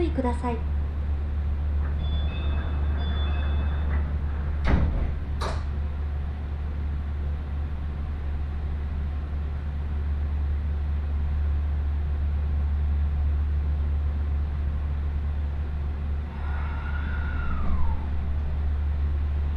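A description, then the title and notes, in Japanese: A train ride on the Chuo West Line: a steady low rumble throughout, with sharp clicks near five seconds and a brief falling whine near seventeen. 耳で楽しむ鉄道旅 中央西線 恵那→高蔵寺。315系電車が中央本線でデビューしたものの中々乗る機会が無かったのですが、ようやく当たりました。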